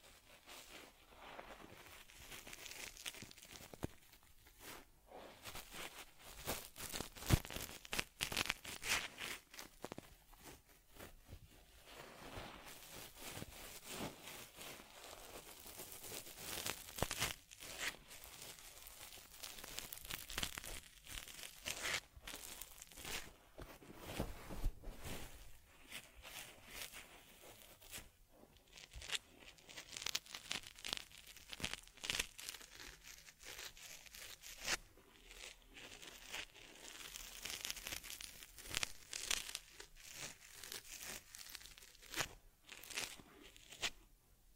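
Soft brushing, rubbing and crinkly scratching sounds as a teddy bear is massaged, cleansed and combed. The texture is dense and continuous, made of quick irregular strokes and crackles that rise and fall in bursts, with no pauses across the whole stretch.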